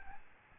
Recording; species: mosquito wingbeat signal from an infrared sensor; Aedes albopictus